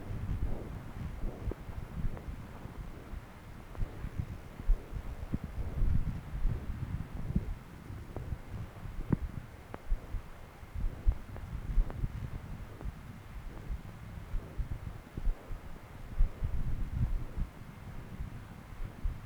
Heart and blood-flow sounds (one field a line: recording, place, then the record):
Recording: Doppler ultrasound of blood flow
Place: left subclavian vein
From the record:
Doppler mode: continuous wave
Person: adult scuba diver, at rest before a dive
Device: O'Dive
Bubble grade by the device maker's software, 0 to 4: 0